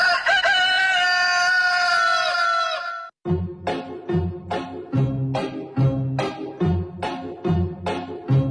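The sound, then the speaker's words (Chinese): A loud, drawn-out rooster crow rings out for about three seconds, then gives way to a steady, rhythmic series of short clucking bursts, heard on the Beijing Sports Radio morning program 雄鸡唱响 (Rooster Crowing) at 7:02 a.m. “这会儿是早间的7点02分，您正在收听的依然是由体育广播为您带来的雄鸡唱响。”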